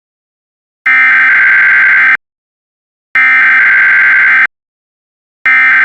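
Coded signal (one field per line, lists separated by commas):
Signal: Emergency Alert System (SAME) tones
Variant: header bursts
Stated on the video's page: Fictional EAS scenario about a geomagnetic storm, a simulation rather than a real alert.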